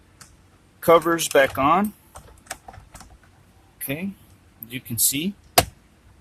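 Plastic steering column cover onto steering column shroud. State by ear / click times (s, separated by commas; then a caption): seated / 5.6 s. Someone talks while a plastic steering column cover on a 2016 Tucson is pressed back on over the blinker switch onto the steering column shroud, with a few light taps and rustles along the way. At 5.6 s the cover snaps into its clips with one sharp, loud click, and it is seated.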